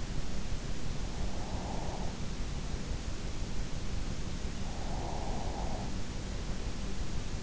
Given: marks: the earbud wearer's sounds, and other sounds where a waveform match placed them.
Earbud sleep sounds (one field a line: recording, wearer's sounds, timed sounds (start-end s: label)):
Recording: sounds in sleep by an in-ear microphone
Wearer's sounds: breath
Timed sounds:
0.39-2.90 s: breath
3.87-7.07 s: breath